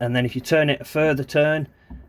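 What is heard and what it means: Someone talks while turning the drain valve wheel on the fresh water tank of a Laika Ecovip H 4109 DS motorhome a further turn, past its first click, toward its second, fully drained position; the tank is drained so it won't freeze and be damaged. Nothing has clicked or seated yet.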